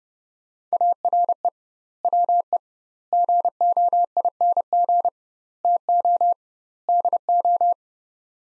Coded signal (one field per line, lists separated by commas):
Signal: Morse code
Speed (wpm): 30 wpm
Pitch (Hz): 700 Hz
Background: none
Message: ARE WE GOING TO DO